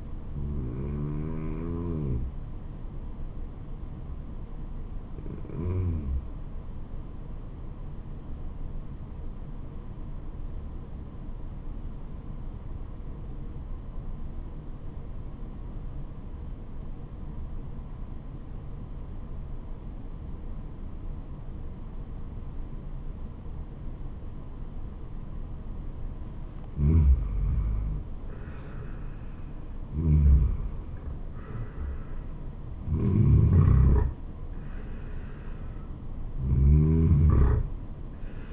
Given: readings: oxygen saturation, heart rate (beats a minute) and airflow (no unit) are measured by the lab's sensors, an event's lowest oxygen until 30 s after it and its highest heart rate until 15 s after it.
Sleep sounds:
breathing in sleep by a smartphone at the bedside; 1
11.00-28.40 s: obstructive apnea (N2, oxygen 96% highest, then 86% lowest, heart rate 73 at the start, 76 highest)
From the record:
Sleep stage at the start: N2 (light sleep); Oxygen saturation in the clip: 90 to 96%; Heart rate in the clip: 66 to 76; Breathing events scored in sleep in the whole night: 426 in 7.4 hours asleep

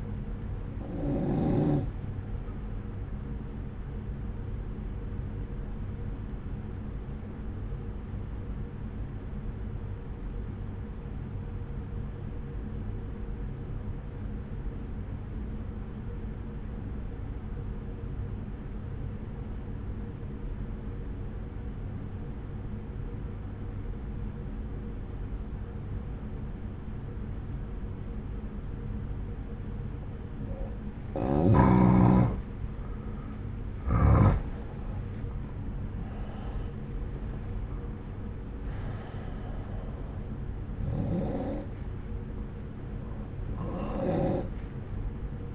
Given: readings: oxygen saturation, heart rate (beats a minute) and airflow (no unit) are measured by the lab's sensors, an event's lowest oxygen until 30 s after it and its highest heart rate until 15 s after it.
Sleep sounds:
breathing in sleep by a smartphone at the bedside; 1
9.00-33.00 s: obstructive apnea (N1, oxygen 95% highest, then 86% lowest, heart rate 61 at the start, 71 highest)
From the record:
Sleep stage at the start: N1 (lightest sleep); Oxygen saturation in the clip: 87 to 95%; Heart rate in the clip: 60 to 74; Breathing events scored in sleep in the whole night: 303 in 8.1 hours asleep

